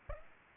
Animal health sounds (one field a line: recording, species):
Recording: mosquito wingbeat signal from an infrared sensor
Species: Aedes aegypti